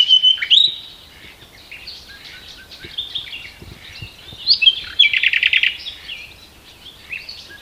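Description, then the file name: Common nightingale singing varied high phrases, with sharp whistles at the start and a fast rattling trill later on, over steady background noise. "Luscinia megarhynchos"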